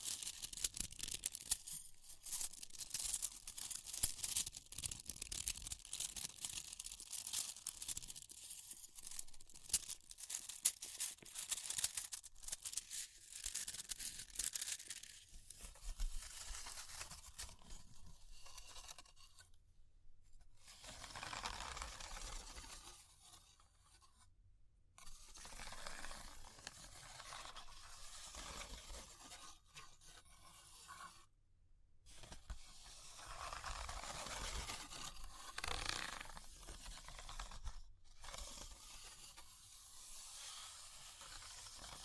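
Fire crackling with dense, bright snapping and scratchy hiss, busiest and loudest in the first fifteen seconds. Afterward it thins into sparser crackles and tapping, with several brief near-silent gaps around 20, 24, 31 and 38 seconds.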